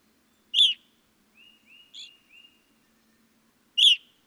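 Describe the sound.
Evening grosbeak: two loud, ringing chirps bracketing a soft run of four low burry notes with a faint call among them.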